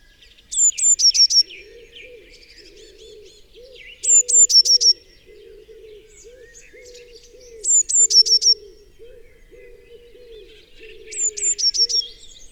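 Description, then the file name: Eurasian blue tit repeating its phrase about every three and a half seconds: two high piercing notes and a fast, slightly lower trill, over continuous low cooing from a dove. "Cyanistes caeruleus"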